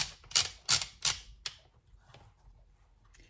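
An end cap is twisted onto a firearm's tube, producing a series of sharp ratcheting detent clicks, with the loudest at 0.4 s, 1.1 s and 1.5 s, followed by a few fainter ticks. The end cap ends up tight and seated.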